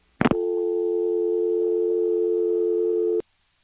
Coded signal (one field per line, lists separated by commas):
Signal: telephone call progress tone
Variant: North America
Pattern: dial tone